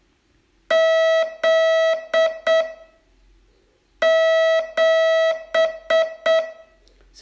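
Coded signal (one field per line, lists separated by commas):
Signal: Morse code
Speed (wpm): 8 wpm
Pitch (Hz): 650 Hz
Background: none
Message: Z 7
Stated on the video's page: Morse training lesson, day 24 of a 42-day course.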